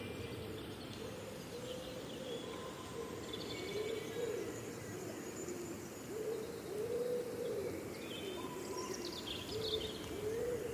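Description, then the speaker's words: Tawny owl hoots: soft, low, wavering notes repeated. Steady hiss and faint high bird calls run throughout. Two tawny owls calling to each other before dawn in Kielder Forest, Northumberland, about 3°C; territorial males, with others answering within seconds once one starts. "That's two Tawnies talking."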